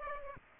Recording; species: mosquito wingbeat signal from an infrared sensor; Aedes aegypti